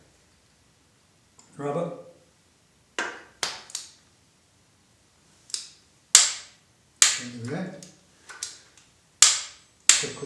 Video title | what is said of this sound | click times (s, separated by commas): Barnfind Yamaha FZR600 - E01 | Click, click, click. That's what we want to hear. | 9.2 s, 9.9 s